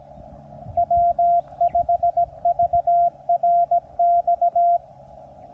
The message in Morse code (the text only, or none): W5VRX